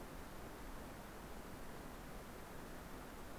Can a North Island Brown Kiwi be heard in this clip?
no